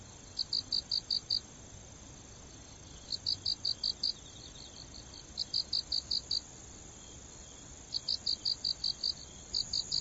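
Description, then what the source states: Autumn insect chirping in bursts of about five rapid high pulses every two to three seconds, above a steady shrill drone and hiss. Autumn insects heard in autumn.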